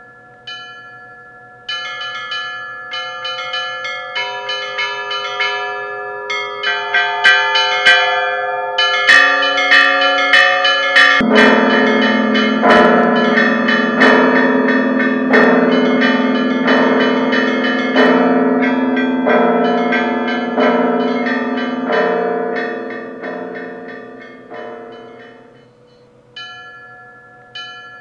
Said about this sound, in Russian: Колокола, как самый добрый знак, затрезвонили на новой колокольне, когда семейство Черихиных выезжало в дорогу.